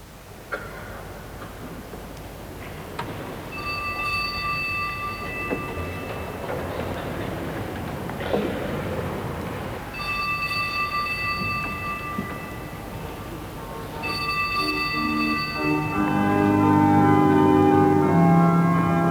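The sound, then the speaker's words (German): Organ playing Johann Sebastian Bach's 'Jesu bleibet meine Freude', sustained, bright chords sounding in three phrases over a hissy background, growing fuller and louder at the end as deep bass notes join in. “Hört, auf der Orgel gespielt, Johann Sebastian Bach.”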